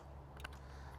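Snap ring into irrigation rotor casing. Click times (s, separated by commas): 0.4 s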